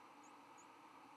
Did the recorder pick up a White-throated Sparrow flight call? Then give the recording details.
no. Another species' flight call is heard. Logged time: 07:08 on 11 November 2014